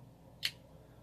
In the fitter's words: you can hear it click